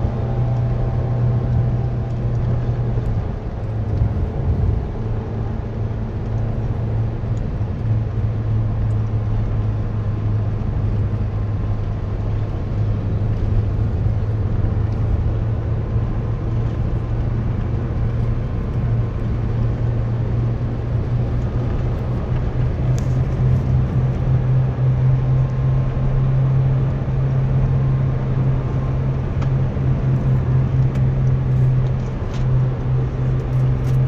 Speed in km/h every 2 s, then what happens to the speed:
70, 70, 72, 71, 69, 69, 72, 74, 75, 78, 82, 85, 84, 85, 81, 83, 85.
0-10 steady at about 70. 10-22 speeds up to 85. 22-34 steady at about 84.